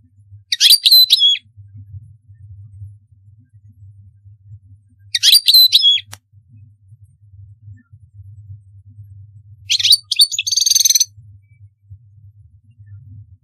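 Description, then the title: European goldfinch song in three brief, jangling twittered phrases roughly every four to five seconds, with a low steady hum underneath. "Chant Chardonneret"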